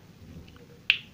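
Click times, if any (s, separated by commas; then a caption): 0.9 s. A repaired push-button switch assembly is reinserted into the switch housing of a Maspion electric fan and pressed in. After faint handling ticks, a single sharp click rings out at 0.9 s as the switch assembly locks into place and is fully seated.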